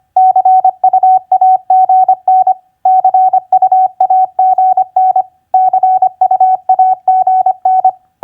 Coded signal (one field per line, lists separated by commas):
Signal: Morse code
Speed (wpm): 25 wpm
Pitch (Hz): 750 Hz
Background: none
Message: CUAGN CUAGN CUAGN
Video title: Morse Code Practice QSO Elements Q5d TU-FB-CUAGN 25wpm